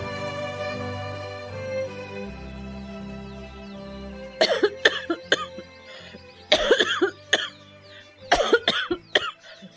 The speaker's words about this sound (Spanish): Esta tos que no se me quiere pasar